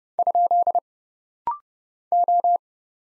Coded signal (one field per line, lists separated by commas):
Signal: Morse code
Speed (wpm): 29 wpm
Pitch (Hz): 700 Hz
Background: none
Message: ? O